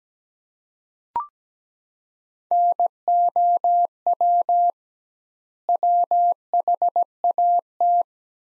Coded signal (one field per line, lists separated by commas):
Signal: Morse code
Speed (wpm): 17 wpm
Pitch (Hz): 700 Hz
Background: none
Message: NOW WHAT